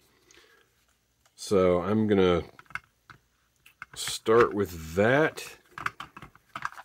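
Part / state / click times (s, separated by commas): plastic toy vehicle part pegs into the vehicle body holes / not seated / none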